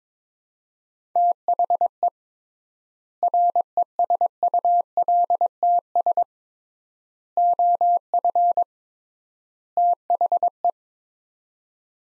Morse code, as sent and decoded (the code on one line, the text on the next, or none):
- .... . / .-. . ... ..- .-.. - ... / --- ..-. / - .... .
THE RESULTS OF THE